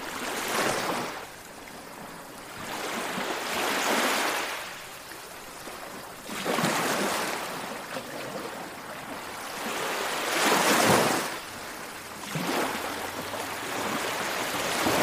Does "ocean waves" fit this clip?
yes